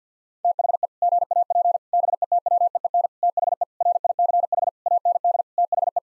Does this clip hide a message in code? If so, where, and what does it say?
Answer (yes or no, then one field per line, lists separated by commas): yes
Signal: Morse code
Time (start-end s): 0.4-6.0 s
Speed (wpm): 50 wpm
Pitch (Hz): 700 Hz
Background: none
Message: THE GAP BETWEEN THE RICH AND THE